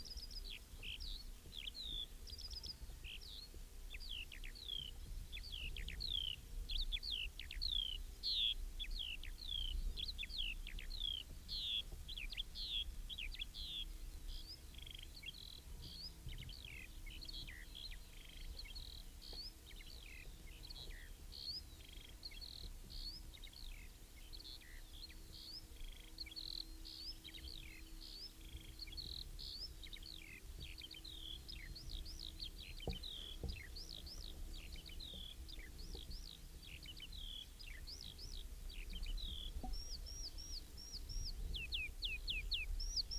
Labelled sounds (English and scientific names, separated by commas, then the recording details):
Eurasian Skylark (Alauda arvensis) song
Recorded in the wild
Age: adult
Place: Schloß Holte-Stukenbrock, Senne, Nordrhein-Westfalen, DE
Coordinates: 51.8614, 8.65667
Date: 1968-06-16
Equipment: Uher 4000 Report-S, Bändchenmikro Beyer M 260, Parabolspiegel Polyester (470 mm)
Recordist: Conrads, Klaus
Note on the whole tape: Wahrscheinlich nahe der Gärtnerei (Furlbach-Gebiet). Gesang mit Ortolan-Imitation